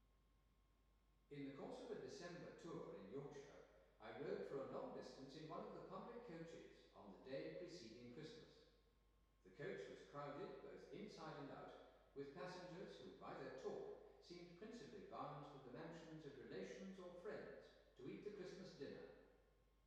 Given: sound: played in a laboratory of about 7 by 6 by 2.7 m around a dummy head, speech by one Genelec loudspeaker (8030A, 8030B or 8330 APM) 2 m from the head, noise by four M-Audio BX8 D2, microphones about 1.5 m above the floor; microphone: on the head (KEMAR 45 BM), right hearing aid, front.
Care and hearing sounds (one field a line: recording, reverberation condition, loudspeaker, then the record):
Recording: male speech in English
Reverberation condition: high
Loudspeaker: 60 degrees to the left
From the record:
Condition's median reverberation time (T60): about 1300 ms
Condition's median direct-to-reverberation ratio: about -4.0 dB